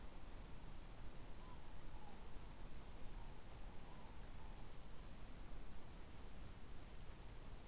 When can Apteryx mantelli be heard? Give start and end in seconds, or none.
none